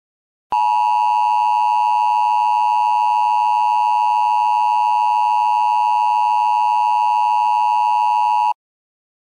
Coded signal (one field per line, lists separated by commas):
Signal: Emergency Alert System (SAME) tones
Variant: 853 and 960 Hz attention tone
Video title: EAS Simulator Pro - Export to Video